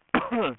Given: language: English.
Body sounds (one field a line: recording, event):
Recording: throat vibration sensor signal played as sound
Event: cough